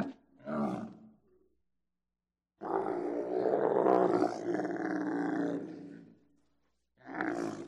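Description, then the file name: Camel groaning roar: a short rough burst, then a long loud gurgling bellow lasting about four seconds, and another harsh grunt starting at the end. "CAMEL VOCALIZATIONS"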